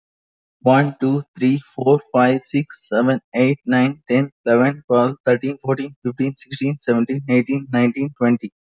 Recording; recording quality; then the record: counting at a fast pace; excellent, no background noise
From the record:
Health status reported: healthy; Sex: male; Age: 33 years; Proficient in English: yes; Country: India